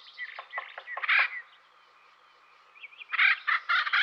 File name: dan gibsons solitudes acorn woodpecker